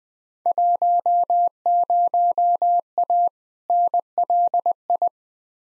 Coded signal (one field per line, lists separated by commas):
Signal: Morse code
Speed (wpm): 20 wpm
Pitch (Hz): 700 Hz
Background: none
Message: 10A NLI